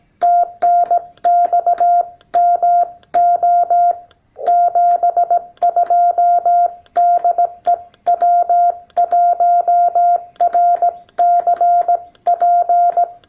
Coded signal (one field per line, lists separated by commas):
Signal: Morse code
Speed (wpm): 18 wpm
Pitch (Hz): 700 Hz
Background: none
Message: TNX MO 72DE W1RCP